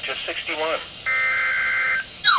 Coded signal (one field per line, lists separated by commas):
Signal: Emergency Alert System (SAME) tones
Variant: header bursts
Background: speech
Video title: EAS #21 - Severe Thunderstorm Warning (7-7-17)